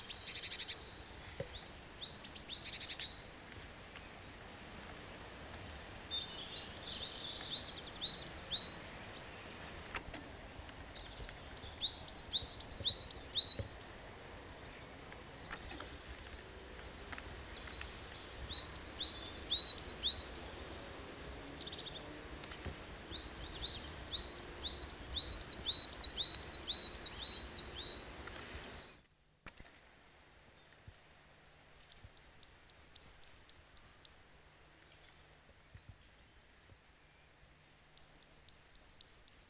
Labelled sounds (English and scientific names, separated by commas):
Coal Tit (Periparus ater) song